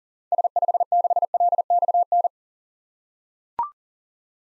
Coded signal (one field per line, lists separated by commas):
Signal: Morse code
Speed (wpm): 40 wpm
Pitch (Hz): 700 Hz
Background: none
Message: S56LXN